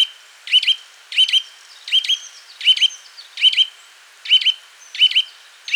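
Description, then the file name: Eurasian nuthatch giving loud, piping doubled chirps in a slightly uneven series, about eight calls in under six seconds, with nothing else audible. "Sitta europaea"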